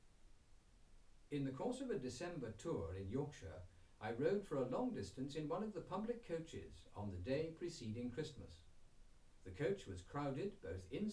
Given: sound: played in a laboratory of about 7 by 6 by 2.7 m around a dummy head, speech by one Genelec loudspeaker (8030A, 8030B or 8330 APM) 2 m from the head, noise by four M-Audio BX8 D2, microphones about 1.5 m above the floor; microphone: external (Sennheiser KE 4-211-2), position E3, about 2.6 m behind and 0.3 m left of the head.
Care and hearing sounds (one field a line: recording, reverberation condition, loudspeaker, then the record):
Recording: male speech in English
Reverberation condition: low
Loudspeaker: 30 degrees to the right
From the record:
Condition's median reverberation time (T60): about 310 ms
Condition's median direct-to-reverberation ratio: about 3.5 dB